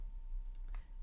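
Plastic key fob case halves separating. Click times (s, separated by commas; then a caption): 0.8 s. The tip of a key is pressed into the slot on the plastic key fob case of a 2019-2024 GMC Sierra/Chevy Silverado and turned about a quarter turn to pry the two halves apart. Against a quiet background, a single short, sharp pop sounds at 0.8 s as the case halves separate and the case is released open.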